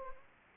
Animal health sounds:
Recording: mosquito wingbeat signal from an infrared sensor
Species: Anopheles gambiae

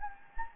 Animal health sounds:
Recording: mosquito wingbeat signal from an infrared sensor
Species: Anopheles gambiae

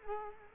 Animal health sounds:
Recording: mosquito wingbeat signal from an infrared sensor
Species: Culex quinquefasciatus

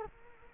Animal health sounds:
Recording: mosquito wingbeat signal from an infrared sensor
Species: Culex quinquefasciatus

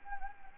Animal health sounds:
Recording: mosquito wingbeat signal from an infrared sensor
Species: Anopheles gambiae

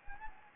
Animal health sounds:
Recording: mosquito wingbeat signal from an infrared sensor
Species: Anopheles gambiae

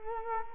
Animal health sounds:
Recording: mosquito wingbeat signal from an infrared sensor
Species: Culex quinquefasciatus

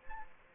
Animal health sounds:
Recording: mosquito wingbeat signal from an infrared sensor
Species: Aedes aegypti

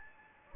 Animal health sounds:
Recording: mosquito wingbeat signal from an infrared sensor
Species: Anopheles gambiae

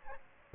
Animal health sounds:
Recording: mosquito wingbeat signal from an infrared sensor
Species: Aedes aegypti

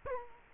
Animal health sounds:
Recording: mosquito wingbeat signal from an infrared sensor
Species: Culex quinquefasciatus

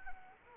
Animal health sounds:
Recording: mosquito wingbeat signal from an infrared sensor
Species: Anopheles arabiensis

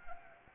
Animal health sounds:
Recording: mosquito wingbeat signal from an infrared sensor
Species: Anopheles gambiae

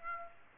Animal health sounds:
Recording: mosquito wingbeat signal from an infrared sensor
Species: Aedes aegypti

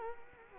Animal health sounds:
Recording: mosquito wingbeat signal from an infrared sensor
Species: Culex quinquefasciatus

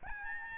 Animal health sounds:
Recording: mosquito wingbeat signal from an infrared sensor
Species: Aedes albopictus

